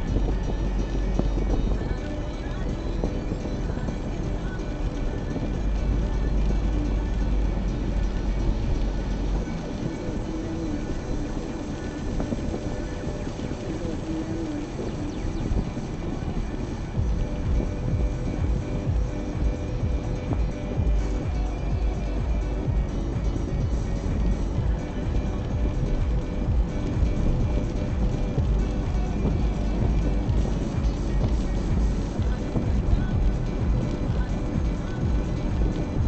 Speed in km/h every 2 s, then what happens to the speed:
36, 40, 43, 44, 44, 42, 40, 32, 23, 18, 21, 33, 39, 46, 48, 49, 51, 51.
0-5 speeds up to 44. 9-19 slows to 18. 19-36 speeds up to 51.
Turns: none.